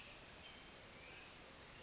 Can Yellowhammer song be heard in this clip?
no